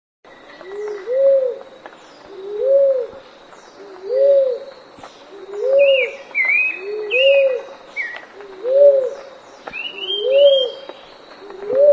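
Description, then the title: Dove cooing: soft low double coos, each an arched rise and fall, repeated about every one and a half seconds, with brief higher chirps from other birds in the background. "Canto Da Pomba"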